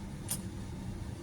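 In a hotel room, a button on the door lock is pressed to engage the chain-style security latch on the door. A short, sharp click at 0.3 seconds rises above a steady low hum. The security latch engages and locks the door like a chain.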